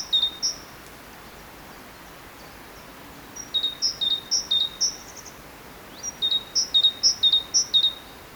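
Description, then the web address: Great tit singing bright, high two-note phrases, repeated rhythmically in short strophes with pauses between, steady faint hiss behind. "SETE data Parus major"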